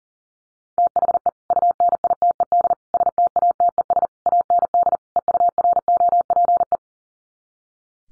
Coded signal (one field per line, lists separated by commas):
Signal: Morse code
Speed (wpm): 40 wpm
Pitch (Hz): 700 Hz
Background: none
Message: THE UNITED STATES AND EUROPE